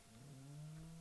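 A steady, low, buzzing rumble grows slightly louder over about a second: a single snoring breath from Charles, a small flat-faced pet pug dozing under a table, a snore that can resemble a growl.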